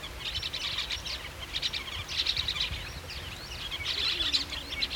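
Andean parakeet calls in bursts of sharp, high twittering, coming in rapid overlapping clusters with short lulls between.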